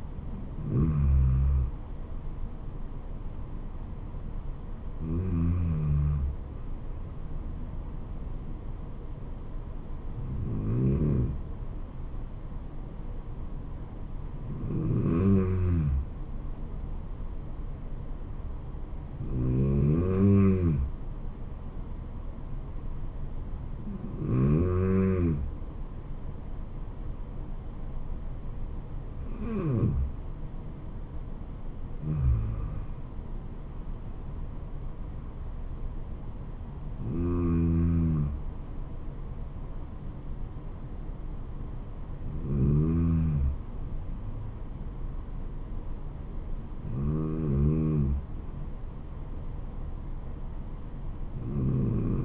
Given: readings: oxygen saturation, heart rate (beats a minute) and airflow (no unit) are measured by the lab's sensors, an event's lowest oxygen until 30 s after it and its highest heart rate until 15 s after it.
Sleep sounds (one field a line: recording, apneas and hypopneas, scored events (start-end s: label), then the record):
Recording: breathing in sleep by a smartphone at the bedside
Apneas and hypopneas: none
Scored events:
none scored
From the record:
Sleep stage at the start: N2 (light sleep)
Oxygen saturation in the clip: 93 to 94%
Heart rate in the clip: 66 to 77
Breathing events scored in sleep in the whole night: 426 in 7.4 hours asleep